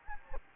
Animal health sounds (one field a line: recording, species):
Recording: mosquito wingbeat signal from an infrared sensor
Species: Anopheles gambiae